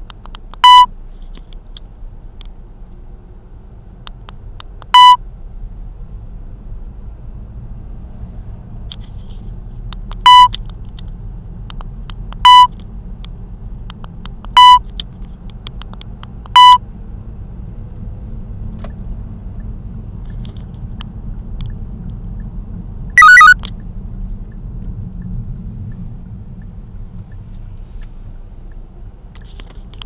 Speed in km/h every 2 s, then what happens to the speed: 5, 7, 9, 13, 15, 17, 17, 18, 21, 24, 25, 23, 16, 7, 7.
0-19 speeds up to 25. 19-26 slows to 7.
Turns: none.